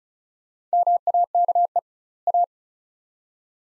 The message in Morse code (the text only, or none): MAKE A